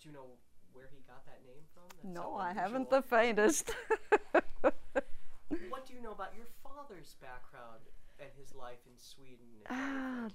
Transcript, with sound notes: Do you know where he got that name from? That's so unusual...
No, I haven't the faintest. (she laughs)
What do you know about your father's background and his life in Sweden?